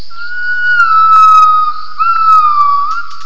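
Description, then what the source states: Gibbon call: one long, sustained whistled tone that holds steady, dips slightly, then lifts again near two seconds, with faint higher overtones and a few brief clicks. Vocalisations used for acoustic triangulation.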